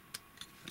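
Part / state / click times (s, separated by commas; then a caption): wing assembly of a plastic transforming robot figure, rotated into its locked position on the body / seated / 0.2 s. The wing assembly of a plastic transforming robot figure is rotated around on the body during its robot-to-vehicle transformation. A sharp click at 0.15 s marks it locking into place, followed by two fainter ticks at 0.4 s and 0.7 s. The wing assembly is seated in its locked position.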